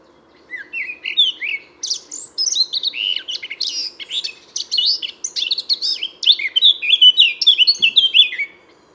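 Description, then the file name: Eurasian blackcap song, a long rapid warbling run of varied chirps and twittering notes, rising to clearer whistled phrases near the end; faint low hum beneath. "Sylvia atricapilla"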